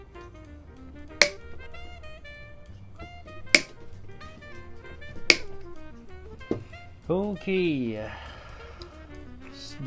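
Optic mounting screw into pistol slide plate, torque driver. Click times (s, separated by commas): 1.2 s, 3.5 s, 5.3 s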